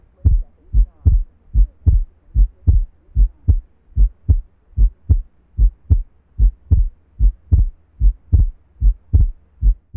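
Regular low heart sounds from an adult heart, heard by stethoscope, with paired first and second beats at about 74 per minute and a steady rhythm.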